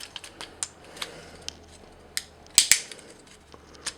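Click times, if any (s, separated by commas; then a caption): 2.6 s. The plastic legs of a MakeToys MTCM-04B Rover transforming robot figure are swung around so the two side pegs on the waist click into place. Light plastic ticks and handling clicks lead up to a sharp, bright double snap at 2.6 s and 2.7 s, with a few softer clicks afterward. The legs are seated on the waist pegs at 2.6 s.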